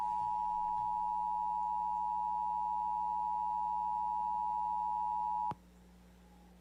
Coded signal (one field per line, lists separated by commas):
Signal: Emergency Alert System (SAME) tones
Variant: 853 and 960 Hz attention tone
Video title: Emergency Alert System interrupts peaceful stream